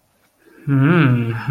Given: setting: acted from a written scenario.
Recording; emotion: vocal sound without words; desire